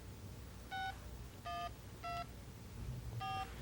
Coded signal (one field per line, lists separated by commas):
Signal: DTMF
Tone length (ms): 220 ms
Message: 6124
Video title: Cellular Phone Video from The Sharper Image